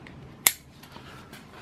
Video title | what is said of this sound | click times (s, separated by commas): Is this the best camera backpack for hiking? | snaps in place double | 0.5 s